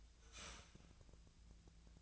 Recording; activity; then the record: daily activity, microphone in the room; start toaster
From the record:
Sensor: 2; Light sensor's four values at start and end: 23/56/24/26 and 23/56/24/26